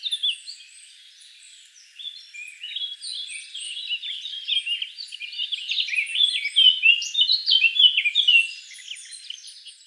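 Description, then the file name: Eurasian blackcap song, starting quietly after a brief note, then building into a rapid, chattering warble of mixed high twitters that grows louder. "Sylvia atricapilla"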